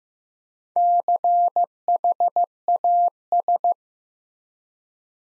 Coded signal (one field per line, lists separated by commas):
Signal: Morse code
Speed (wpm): 15 wpm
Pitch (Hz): 700 Hz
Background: none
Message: CHAS